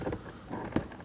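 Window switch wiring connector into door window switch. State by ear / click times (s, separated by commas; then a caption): not seated / none. The window switch wiring connector of a 2016-2020 Kia Sorento is lined up with the door window switch on the door panel during handling, producing soft rustling and a brief louder tap near 0.8 s. Nothing has seated or clicked yet.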